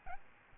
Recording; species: mosquito wingbeat signal from an infrared sensor; Aedes albopictus